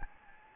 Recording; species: mosquito wingbeat signal from an infrared sensor; Anopheles gambiae